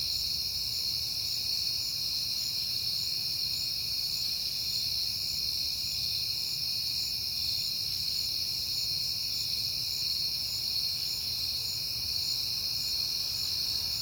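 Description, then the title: Crickets sustain a dense high-pitched chirping chorus, unchanging over the whole stretch, with only faint low background noise. Night, September; crickets heard often lately, recorded on a peaceful night. "Night Time: Crickets and Passing Cars"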